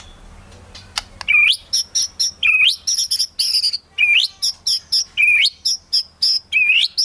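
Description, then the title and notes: White-rumped shama song: sharp clicks, then a steady series of high chips mixed with rising whistled swoops, over a faint low hum. Used as a trapping lure. "Pikat Murai Batu Durasi Panjang. Burung Murai Batu"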